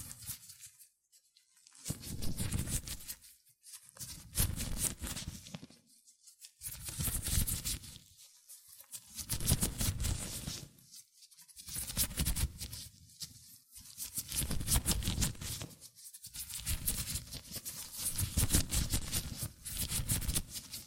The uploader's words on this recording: ASMR Latex Gloves Hand Sounds (No Talking).